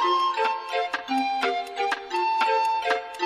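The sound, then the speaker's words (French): A clock ticks steadily at five minutes to midnight during a ball in a palace courtyard, about two sharp ticks per second, over a sustained, ringing tonal hum. No voices are heard. “À minuit moins 5, chacun arrêta de danser pour regarder l'horloge.”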